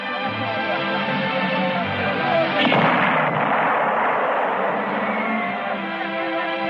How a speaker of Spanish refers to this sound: Ha sido un cañonazo. O el corazón que me late. Es el nuevo cañón 77. Debe de estar a unos 50 kilómetros.